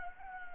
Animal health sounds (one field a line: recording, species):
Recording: mosquito wingbeat signal from an infrared sensor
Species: Anopheles gambiae